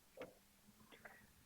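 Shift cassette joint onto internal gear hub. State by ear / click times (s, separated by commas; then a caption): seated / 0.2 s, 1.1 s. The cassette joint (shift mechanism) of a Shimano Alfine 11-speed internal gear hub is rotated onto the hub axle after lining up the red marks, and it clicks into place at 0.2 s and 1.1 s. Two short, sharp clicks stand out against a quiet background. The shift mechanism is seated in the gear.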